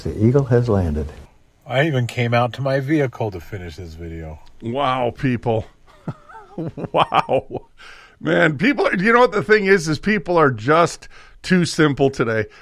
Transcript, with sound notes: The eagle has landed."
I even came out to my vehicle to finish this video. Wow, people. (laughs) Wow. Man, people are... You know what the thing is, is people are just too simple today.